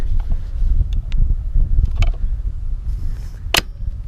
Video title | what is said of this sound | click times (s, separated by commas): BULLS SIX50 EVO AM 4 SRAM Review - $7.9k | we go and it clicks right in not bad | 2.0 s